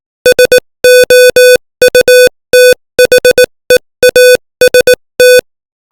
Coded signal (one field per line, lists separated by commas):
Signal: Morse code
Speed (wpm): 18 wpm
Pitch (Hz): 500 Hz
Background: music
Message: SOUTHEAST